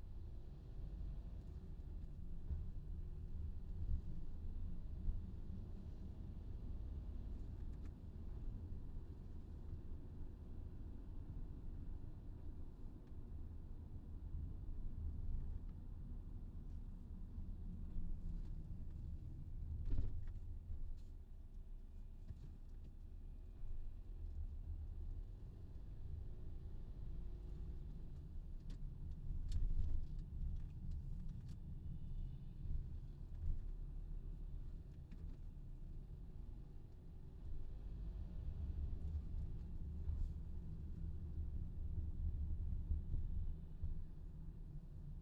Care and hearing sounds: everyday scene through a hearing-aid microphone; in a vehicle; engine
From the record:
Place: VW T5 Caravelle, diesel engine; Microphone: in the ear canal, left

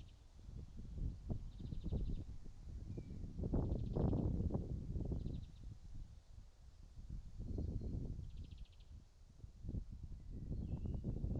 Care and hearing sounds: everyday scene through a hearing-aid microphone; wind on the microphone; wind, birds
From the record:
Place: in front of a rural house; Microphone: in the ear canal, right

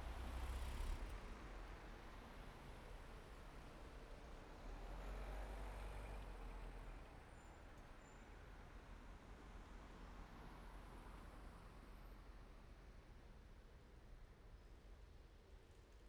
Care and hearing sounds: everyday scene through a hearing-aid microphone; in traffic; traffic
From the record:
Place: main road on the outskirts, rush hour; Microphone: behind the ear, right, rear

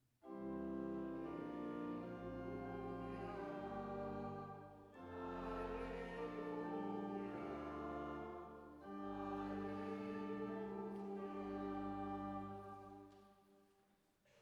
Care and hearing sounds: everyday scene through a hearing-aid microphone; reverberant space; music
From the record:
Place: church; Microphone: behind the ear, left, rear

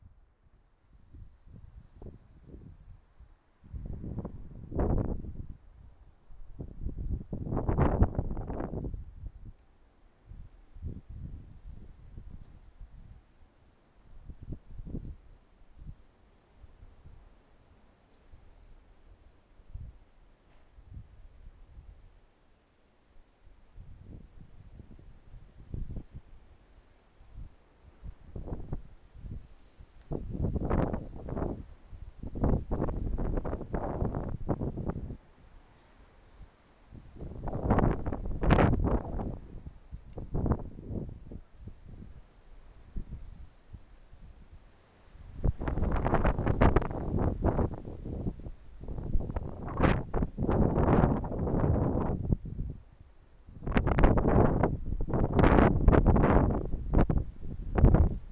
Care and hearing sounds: everyday scene through a hearing-aid microphone; wind on the microphone; wind, traffic, birds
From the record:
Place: suburban garden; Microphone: behind the ear, right, front

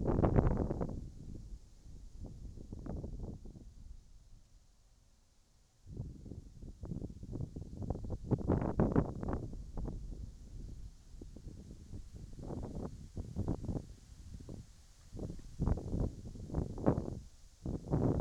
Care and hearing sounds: everyday scene through a hearing-aid microphone; wind on the microphone; wind, whistling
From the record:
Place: in front of a rural house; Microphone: in the ear canal, right

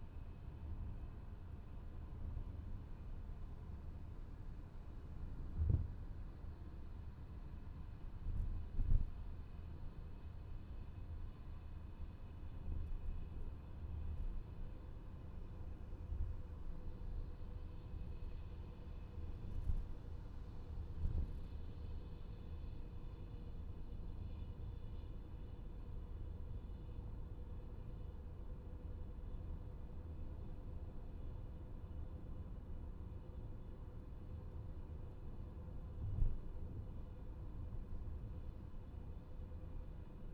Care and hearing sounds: everyday scene through a hearing-aid microphone; in a vehicle; engine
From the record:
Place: VW T5 Caravelle, diesel engine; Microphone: behind the ear, left, rear

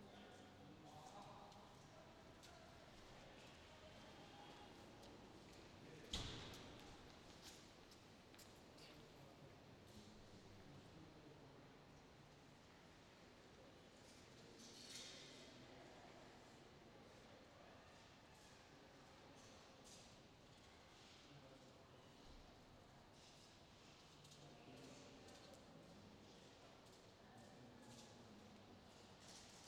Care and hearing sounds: everyday scene through a hearing-aid microphone; reverberant space; background noise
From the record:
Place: railway station hall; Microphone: in the ear canal, left

